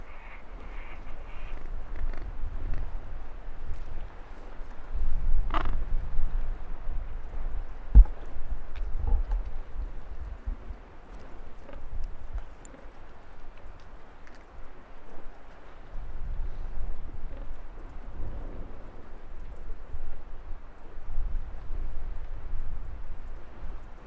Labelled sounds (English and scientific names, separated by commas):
Gentoo Penguin (Pygoscelis papua) call